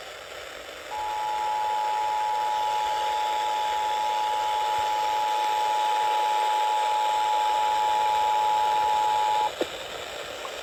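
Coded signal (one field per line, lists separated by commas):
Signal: Emergency Alert System (SAME) tones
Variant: 853 and 960 Hz attention tone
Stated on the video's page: Monthly test in Minnesota.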